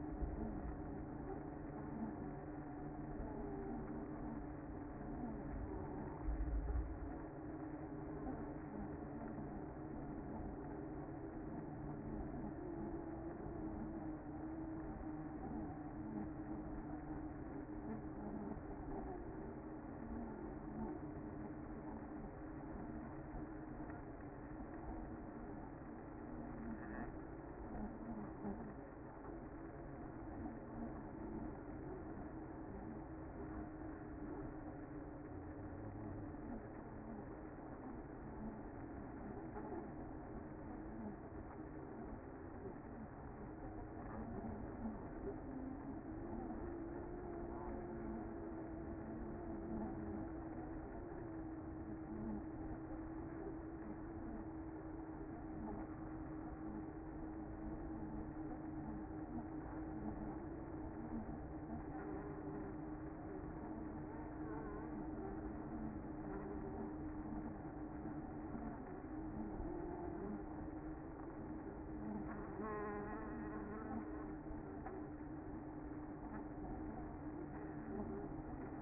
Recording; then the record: honeybee colony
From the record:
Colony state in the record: active